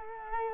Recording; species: mosquito wingbeat signal from an infrared sensor; Culex quinquefasciatus